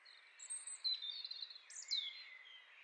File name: Rougegorge familier